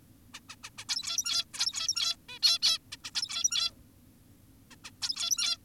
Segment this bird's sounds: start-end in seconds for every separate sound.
0.34-0.40, 0.49-0.56, 0.64-0.70, 0.78-0.85, 0.89-1.45, 1.54-2.16, 2.29-2.39, 2.43-2.59, 2.62-2.78, 2.92-2.97, 3.04-3.11, 3.15-3.72, 4.71-4.76, 4.84-4.91, 5.02-5.58